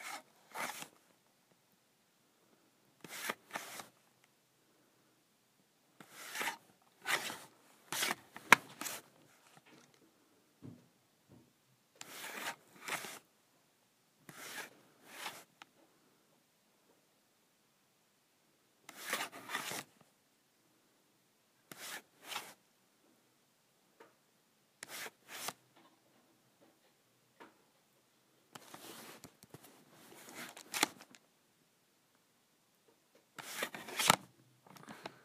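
A calculator cover slides on and off in short, scraping bursts, each lasting about half a second and often coming in pairs. The strokes are bright and rough, separated by brief silences, repeating irregularly about every two to three seconds throughout.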